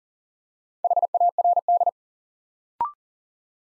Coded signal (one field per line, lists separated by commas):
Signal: Morse code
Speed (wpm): 38 wpm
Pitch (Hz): 700 Hz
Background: none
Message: HARD